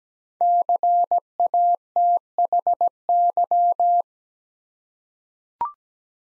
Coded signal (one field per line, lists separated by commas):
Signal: Morse code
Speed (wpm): 17 wpm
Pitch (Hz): 700 Hz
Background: none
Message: CATHY